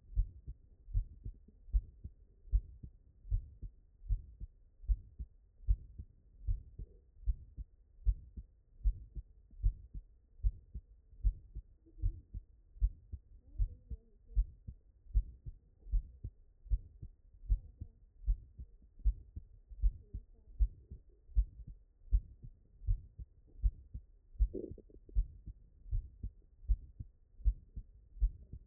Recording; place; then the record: heart sounds by stethoscope; tricuspid valve (TV)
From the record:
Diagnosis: non-HFrEF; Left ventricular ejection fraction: 61%